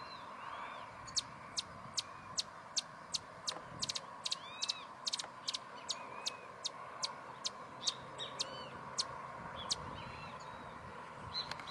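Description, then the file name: White-vented violetear song, a long run of sharp, high chips in steady quick succession, with faint other bird notes and a constant background hum. "Canto da violeta de vento branco"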